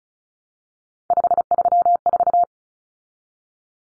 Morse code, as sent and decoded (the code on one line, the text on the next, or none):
..... ...-- ....-
534